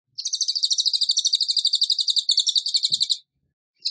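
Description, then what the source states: Bird song made of a fast, steady train of high repeated notes lasting about three seconds, followed by a pause and the start of another burst. Training recording for cage birds, featuring a rapid-fire 'tembakan' song style from an active, vocal ('gacor') bird.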